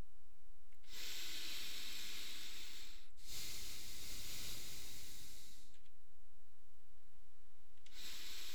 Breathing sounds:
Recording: nose breathing near a microphone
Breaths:
0.75-3.20 s: inhalation
3.20-5.75 s: exhalation
7.80-8.55 s: inhalation
From the record:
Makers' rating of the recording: medium

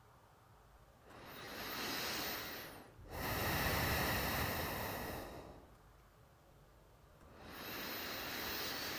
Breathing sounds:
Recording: nose breathing near a microphone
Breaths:
0.99-2.57 s: inhalation
3.11-5.64 s: exhalation
7.08-8.99 s: inhalation
From the record:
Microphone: phone

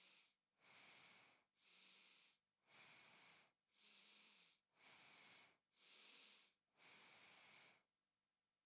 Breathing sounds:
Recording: nose breathing near a microphone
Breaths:
0.00-0.46 s: inhalation
0.46-1.46 s: exhalation
1.46-2.51 s: inhalation
2.51-3.61 s: exhalation
3.61-4.61 s: inhalation
4.61-5.61 s: exhalation
5.61-6.61 s: inhalation
6.61-8.01 s: exhalation
From the record:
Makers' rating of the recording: medium

